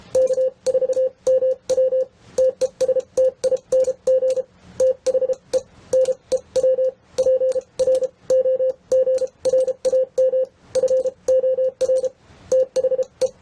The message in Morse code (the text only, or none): K4MW TESTING THE NEW PROGRAM FOR THE